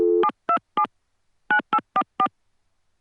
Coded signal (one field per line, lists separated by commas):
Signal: DTMF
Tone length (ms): 80 ms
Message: 727 9844